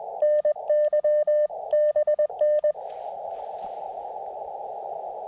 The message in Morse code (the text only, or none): NYBN